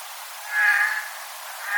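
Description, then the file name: Eurasian jay uttering a single nasal, mewing call lasting about half a second, with the start of another call at the very end. "Garrulus glandarius"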